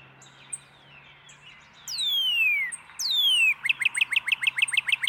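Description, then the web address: Northern cardinal song: two long whistles sliding down from high to middle pitch, followed by a fast string of short down-slurred notes, with a low hum beneath. "birdsongforthecurious Northern Cardinal"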